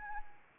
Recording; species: mosquito wingbeat signal from an infrared sensor; Anopheles arabiensis